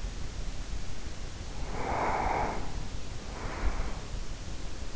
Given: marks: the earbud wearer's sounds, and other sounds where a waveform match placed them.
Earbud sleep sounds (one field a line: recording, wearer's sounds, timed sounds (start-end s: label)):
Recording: sounds in sleep by an in-ear microphone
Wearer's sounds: breath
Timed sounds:
1.51-4.31 s: breath